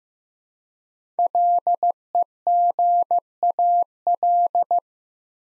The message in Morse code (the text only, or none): LEGAL